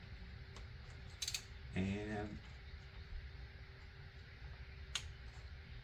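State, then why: Torque reached. A torque ratchet tightens a spark plug in the cylinder head of a Mercedes-Benz S550 (W222) after it was seated by hand. Someone talks briefly, and there are faint ratcheting clicks before a sharp click at 5.0 s confirms the plug is torqued to its setting.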